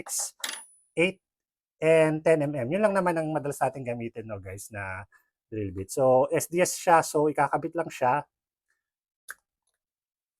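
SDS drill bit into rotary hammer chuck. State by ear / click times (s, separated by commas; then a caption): seated / 9.3 s. An SDS drill bit is pushed into the chuck of a cordless rotary hammer drill, and it locks by itself once it finds its groove. Someone talks for most of the clip, then after a pause a single sharp click is heard at 9.3 s as the bit seats and locks in the chuck.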